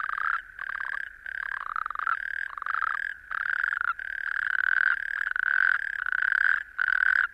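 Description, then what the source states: Natterjack toad calls: several loud, vibrating rattles separated by short pauses. Native Irish natterjack toads in sand dunes, west Kerry, southwest Ireland; calling carries far, starts around 7-8 pm, fully under way by 9-10 pm at dark, lasting until 1-4 am if not too cold.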